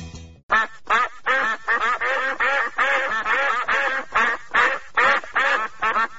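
A steady run of loud, nasal duck quacks from a flock being herded to its feeding spot, many calls following one another in quick, uneven bursts with short gaps, several birds overlapping and no voices.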